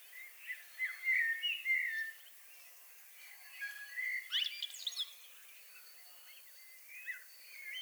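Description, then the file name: Common blackbird song: mellow warbled phrases with thin, high twittering, separated by quiet pauses. "Turdus merula"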